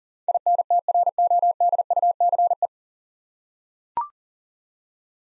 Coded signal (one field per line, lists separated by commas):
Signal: Morse code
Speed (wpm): 40 wpm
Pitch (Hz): 700 Hz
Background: none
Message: INTRODUCE